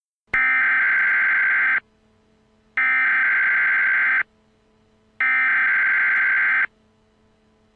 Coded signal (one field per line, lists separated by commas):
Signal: Emergency Alert System (SAME) tones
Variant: header bursts